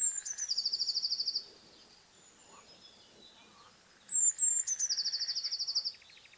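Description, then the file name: Eurasian blue tit singing two phrases, each a couple of sharp high introductory notes followed by a rapid buzzy trill, separated by a quiet gap with soft background bird notes. "Cyanistes caeruleus"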